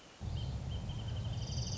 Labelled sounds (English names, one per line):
Wrentit